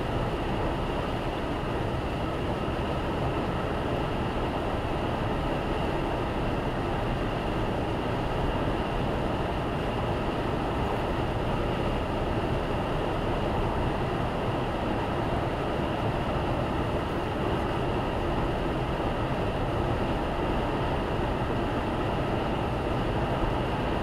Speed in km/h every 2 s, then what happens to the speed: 116, 118, 119, 118, 119, 118, 117, 118, 118, 120, 121, 121.
0-24 steady at about 118.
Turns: none.